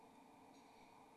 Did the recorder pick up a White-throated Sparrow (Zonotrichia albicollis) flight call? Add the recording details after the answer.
no. No flight call is heard. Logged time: 11:18 on 27 November 2014